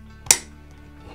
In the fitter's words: So we are going to press until we hear it click